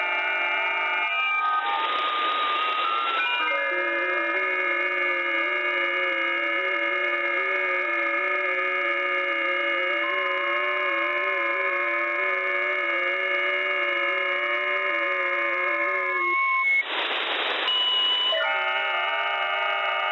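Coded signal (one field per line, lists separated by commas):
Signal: FT8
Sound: many overlapping steady warbling tones, broken by two short bursts of hiss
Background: radio static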